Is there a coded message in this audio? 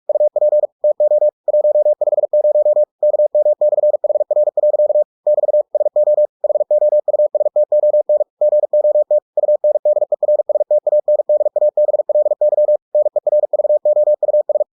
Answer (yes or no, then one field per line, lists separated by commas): yes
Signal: Morse code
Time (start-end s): 0.1-14.6 s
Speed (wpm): 46 wpm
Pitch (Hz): 600 Hz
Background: none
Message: UP TO 150 KM/HR. <BT> SO HOUSTON GOT UNDERSTANDABLY NERVOUS